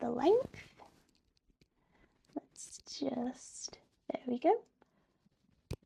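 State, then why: Seated. Someone talks while pushing the tongue at the snake's tail into the box clasp at its head on a vintage metal snake choker. The clasp clicks shut with a sharp click at 5.7 s, and the necklace is fastened.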